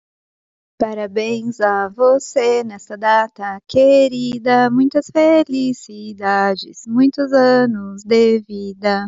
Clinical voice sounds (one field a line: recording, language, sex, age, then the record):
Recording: short text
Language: Brazilian Portuguese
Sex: female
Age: 30 to 39 years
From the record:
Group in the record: control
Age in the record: 37 years